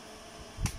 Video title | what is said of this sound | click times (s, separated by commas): Khoan Pin Bãi Nhật Makita, Hitachi (lh:0938 158 742) | mình trả về. Đó, nghe cái tách, nghe là máy cái đầu kẹp và đầu khóa. | 0.7 s